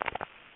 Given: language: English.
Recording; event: throat vibration sensor signal played as sound; swallow